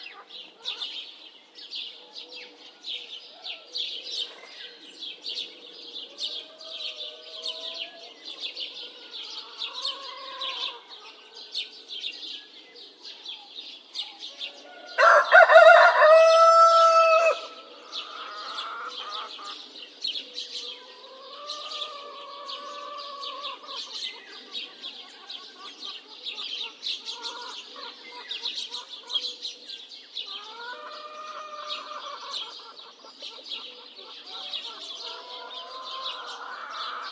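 Village morning with a dense layer of birds chirping throughout, a loud rooster crow around fifteen seconds, and chickens clucking softly.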